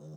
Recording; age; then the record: pig call; piglet (1 to 25 days)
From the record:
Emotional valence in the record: negative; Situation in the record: short isolation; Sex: female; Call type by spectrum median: low-frequency call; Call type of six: low-frequency stable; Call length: 0.18 s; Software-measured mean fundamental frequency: 51 Hz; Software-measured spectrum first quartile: 154 Hz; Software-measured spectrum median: 230 Hz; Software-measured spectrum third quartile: 537 Hz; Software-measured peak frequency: 162 Hz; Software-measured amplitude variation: 28 dB a second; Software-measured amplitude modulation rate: 14.2 a second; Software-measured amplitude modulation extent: 2.0 dB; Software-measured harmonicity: 4.6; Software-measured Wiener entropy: 0.03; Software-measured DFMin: 1097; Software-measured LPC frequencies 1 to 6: 477, 3724, 5404, 6306, 7836, 9259 Hz